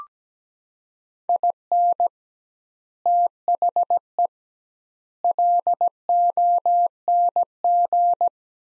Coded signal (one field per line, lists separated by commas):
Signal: Morse code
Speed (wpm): 17 wpm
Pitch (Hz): 700 Hz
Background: none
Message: IN THE LONG